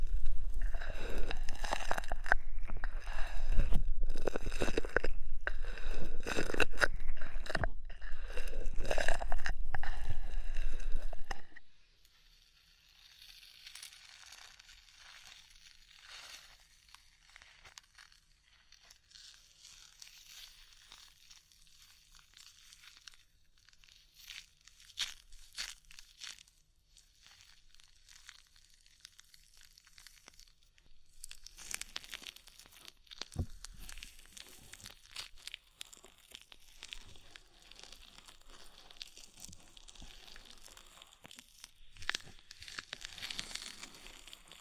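Ear massage with oil and foam: the first eleven seconds are loud, dense rubbing and scrunching with fast, rhythmic bursts and a low rumble. It then drops to soft, sparse crinkling and slick squishing, with brighter rustling swells near 31 and 42 seconds.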